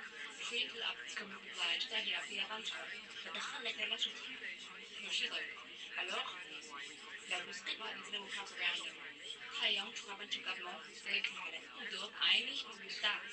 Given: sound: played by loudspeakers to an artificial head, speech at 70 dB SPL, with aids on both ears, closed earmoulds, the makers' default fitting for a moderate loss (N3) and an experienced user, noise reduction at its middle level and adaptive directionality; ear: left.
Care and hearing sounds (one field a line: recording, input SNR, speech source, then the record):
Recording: speech test signal (ISTS) in cocktail-party noise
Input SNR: 0 dB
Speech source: on the right (90 degrees)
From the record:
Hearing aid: class 1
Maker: I